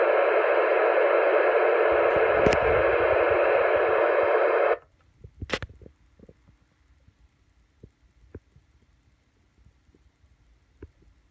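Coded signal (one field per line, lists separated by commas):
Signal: modem data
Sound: about five seconds of steady harsh hiss-like data rush, then abrupt silence with clicks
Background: radio static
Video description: ONE DATA BURST EVERY 30 SECONDS. AT 0:22, 0:52, 1:22 AND 1:52.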